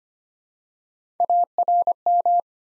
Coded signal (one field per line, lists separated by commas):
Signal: Morse code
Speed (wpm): 25 wpm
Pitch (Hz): 700 Hz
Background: none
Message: ARM